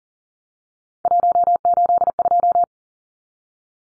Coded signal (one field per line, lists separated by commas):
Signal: Morse code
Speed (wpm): 40 wpm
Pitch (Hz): 700 Hz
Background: none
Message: 182